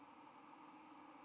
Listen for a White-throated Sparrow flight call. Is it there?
no